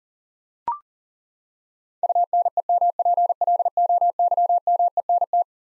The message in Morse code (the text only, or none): UNEMPLOYMENT